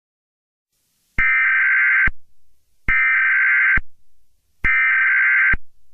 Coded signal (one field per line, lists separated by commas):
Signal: Emergency Alert System (SAME) tones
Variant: header bursts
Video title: EAS Scenario #2: What Lurks In The Dark